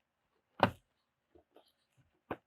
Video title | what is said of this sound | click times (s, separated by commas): Deleting the Porsche Cayman's front grilles (987.2) | Or snapped into place, whatever the correct technical term is | 0.6 s, 2.3 s